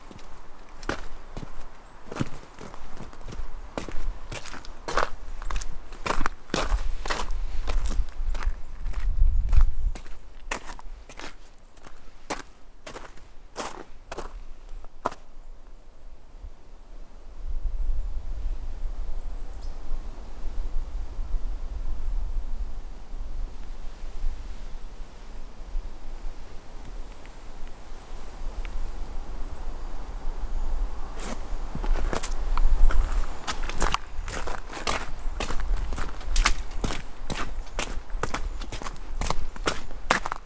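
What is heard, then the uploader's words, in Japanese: Spring forest ambience with footsteps crunching at a steady walking pace for the first fifteen seconds, then pausing. A quieter stretch follows with a soft low rumble and faint outdoor hush before the footsteps resume around the thirty-second mark. 自然音ASMR 樹海村から謎の祠へ 春の森の環境音。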